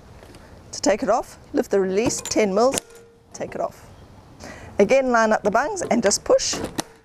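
A Touratech Zega Pro2 pannier is lined up on its plugs and pushed onto the rack of a Honda Africa Twin CRF1000 while someone talks. Faint short knocks come at about 0.2 and 0.4 seconds. The pannier has not snapped into its mount yet, and nothing has seated or clicked.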